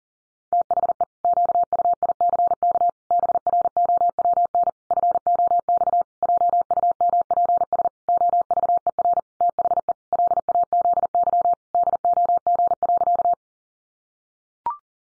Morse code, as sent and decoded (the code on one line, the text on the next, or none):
- .... . / --.- ..- .. -.-. -.- / -... .-. --- .-- -. / ..-. --- -..- / .--- ..- -- .--. ... / --- ...- . .-. / - .... . / .-.. .- --.. -.-- / -.. --- --. .-.-.-
THE QUICK BROWN FOX JUMPS OVER THE LAZY DOG.